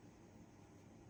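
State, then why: Not seated. A 32 GB DDR4 SO-DIMM memory module, already inserted at an angle in the memory socket of a Synology DS923+ NAS, is being folded down toward the socket's side retaining clips during a RAM upgrade to 64 GB. Only a steady low broadband hum is heard, with no sharp transients. Nothing has seated or clicked yet.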